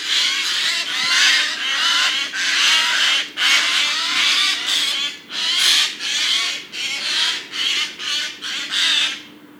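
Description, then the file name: Eurasian Jay screeching harshly and repeatedly, loud rasping bursts following one another closely, a faint steady hum in the background. "Garrulus glandarius"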